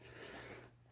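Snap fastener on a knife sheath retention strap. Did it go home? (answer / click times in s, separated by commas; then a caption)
no / none. A snap fastener on a knife sheath retention strap is handled and pressed, giving a steady rubbing, scraping noise with a brief burst near the start that eases off toward the end. Nothing has snapped shut or clicked yet.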